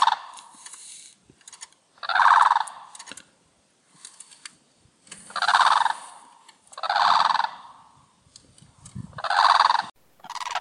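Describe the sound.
Bird giving a series of loud, rough rattling bursts, each about a second long, with short gaps and faint clicks between.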